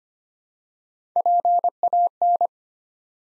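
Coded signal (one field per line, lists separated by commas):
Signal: Morse code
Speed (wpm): 25 wpm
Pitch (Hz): 700 Hz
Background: none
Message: PAN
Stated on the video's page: Morse practice building 3-letter words one letter at a time at 25 wpm, for beginners working on instant character recognition.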